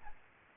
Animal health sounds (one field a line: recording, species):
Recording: mosquito wingbeat signal from an infrared sensor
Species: Aedes aegypti